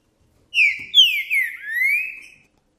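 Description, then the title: Green-winged saltator singing one rich whistled phrase: a short downslurred note, two longer falling whistles, then a drawn-out rising note, against silence. Trinca-ferro singing and 'macheando' in a singing contest; the song style is called 'Perdi meu boi'; meant for warming up other trinca-ferros. "Seu TRINCA Piando, Cantando E Macheando Na DISPUTA. O VERDADEIRO PERDI MEU BOI! Trinca Ferro CANTANDO e MACHEANDO!"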